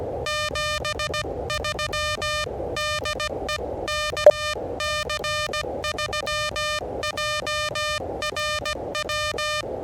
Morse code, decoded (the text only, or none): 73 DE KC3JRW